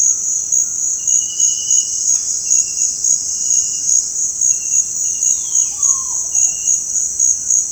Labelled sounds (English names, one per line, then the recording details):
White-throated Toucan
Yellow-rumped Cacique
Olive Oropendola
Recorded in dense forest near Puerto Asís, Putumayo, Colombia, on 20 February 2024 at 07:00
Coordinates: 0.472, -76.329
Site G6394